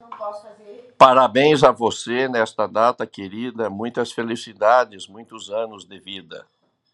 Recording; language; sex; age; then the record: short text; Brazilian Portuguese; male; 50 to 59 years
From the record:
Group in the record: control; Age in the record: 57 years